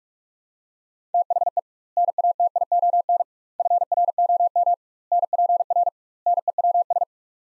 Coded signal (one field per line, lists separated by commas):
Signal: Morse code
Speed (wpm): 42 wpm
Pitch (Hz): 700 Hz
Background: none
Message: THE NATION FROM NPR NEWS